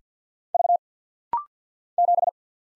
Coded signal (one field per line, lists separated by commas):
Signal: Morse code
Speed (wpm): 50 wpm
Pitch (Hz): 700 Hz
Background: none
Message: V 7